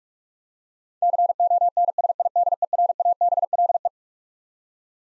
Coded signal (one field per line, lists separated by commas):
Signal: Morse code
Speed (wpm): 41 wpm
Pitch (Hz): 700 Hz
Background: none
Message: CONSIDERABLE